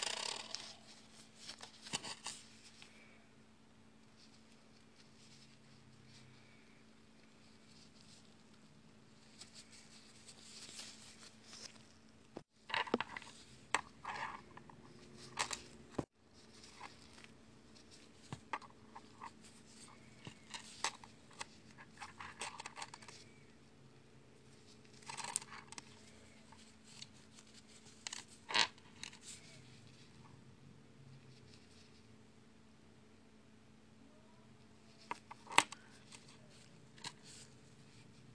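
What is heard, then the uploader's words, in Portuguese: Someone makes a keychain, with scattered light clicks, taps and small metallic clinks over a steady low hum. Fazendo um chaveiro. Gravo uma produção de um chaveiro especial.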